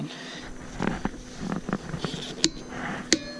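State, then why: Torque reached. A click-type torque wrench tightens a bolt until it reaches its set torque, with softer ticks between 0.8 and 1.7 s while someone talks. Two sharp, loud clicks follow at 2.4 s and 3.1 s, the second after backing off slightly, confirming the wrench clicks at its setting and the bolt is where it's supposed to be.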